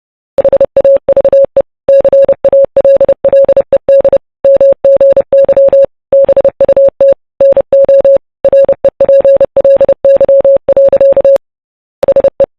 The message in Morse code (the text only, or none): HAVE CALLED MGY BUT NO REPLY. SE